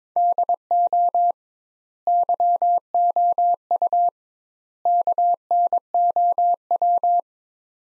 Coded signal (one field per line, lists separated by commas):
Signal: Morse code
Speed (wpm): 21 wpm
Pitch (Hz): 700 Hz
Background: none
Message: DO YOU KNOW